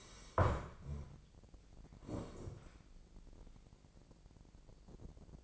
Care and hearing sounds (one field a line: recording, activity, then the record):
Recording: daily activity, microphone in the room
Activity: sit down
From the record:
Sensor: 5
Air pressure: 1012.4 hPa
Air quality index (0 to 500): 155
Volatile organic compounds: 2 ppm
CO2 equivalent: 1063 ppm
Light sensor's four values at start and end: 272/651/278/309 and 272/651/278/309